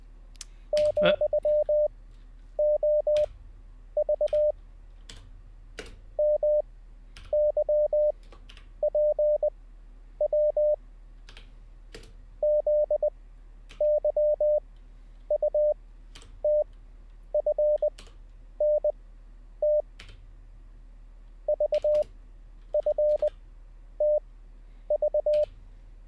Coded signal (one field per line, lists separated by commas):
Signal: Morse code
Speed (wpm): 20 wpm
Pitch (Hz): 600 Hz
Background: none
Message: ,OV MYPW ZYUTFNT VFTV